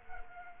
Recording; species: mosquito wingbeat signal from an infrared sensor; Culex quinquefasciatus